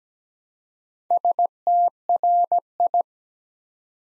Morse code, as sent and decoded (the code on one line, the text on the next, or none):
... - .-. ..
STRI